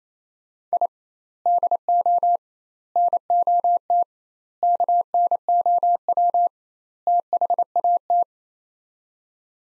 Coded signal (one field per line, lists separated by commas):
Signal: Morse code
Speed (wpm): 27 wpm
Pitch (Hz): 700 Hz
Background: none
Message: I DO NOT KNOW THAT